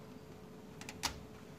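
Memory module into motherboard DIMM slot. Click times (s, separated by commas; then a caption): 0.8 s, 0.9 s, 1.1 s. A memory module is slid back into the first DIMM slot on a motherboard and pressed down until its retaining clips lock. Two short clicks are heard at 0.8 s and 0.9 s, followed by a louder click at 1.1 s as the module locks into place.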